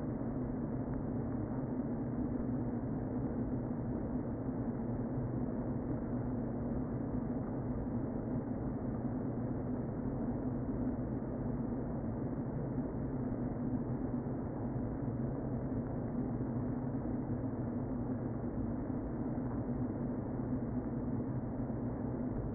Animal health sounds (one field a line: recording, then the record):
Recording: honeybee colony, microphone inside the hive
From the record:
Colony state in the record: queen present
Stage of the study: before two queens were removed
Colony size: about 60,000 bees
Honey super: yes